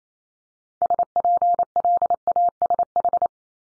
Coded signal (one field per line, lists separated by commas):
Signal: Morse code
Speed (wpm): 28 wpm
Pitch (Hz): 700 Hz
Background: none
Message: SPLASH